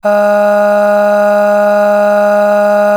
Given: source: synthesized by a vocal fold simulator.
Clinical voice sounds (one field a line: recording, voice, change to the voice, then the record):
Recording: sustained vowel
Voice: female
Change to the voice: aspiration noise (breathiness), level 7 of 10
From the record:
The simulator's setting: 1.57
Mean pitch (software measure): 206 Hz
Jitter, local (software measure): 0.53%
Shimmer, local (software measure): 6.2%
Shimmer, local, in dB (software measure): 0.54 dB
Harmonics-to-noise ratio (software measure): 19.4 dB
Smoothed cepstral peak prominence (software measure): 13.9 dB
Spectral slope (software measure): -21.4 dB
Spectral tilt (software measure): -7.5 dB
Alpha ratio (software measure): -11.9 dB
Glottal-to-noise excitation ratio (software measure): 0.876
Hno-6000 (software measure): 2.0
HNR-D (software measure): 38.6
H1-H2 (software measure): 8.7 dB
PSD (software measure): 3.7e-05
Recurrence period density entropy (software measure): 0.112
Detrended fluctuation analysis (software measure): 0.0275